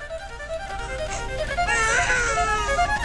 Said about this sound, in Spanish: Esa vida que no lo es hasta que se oye tu primer llanto. Esa vida de tu hijo que no es real hasta que le oyes llorar por primera vez.